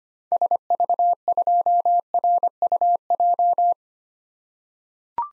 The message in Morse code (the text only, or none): SV2RUJ